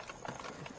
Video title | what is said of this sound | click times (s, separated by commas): Hyundai i30 GD (Gen 2: 2011-2015) Radio Removal | effectively sounds like it's cracking but it's not | 0.1 s, 0.3 s, 0.4 s, 0.7 s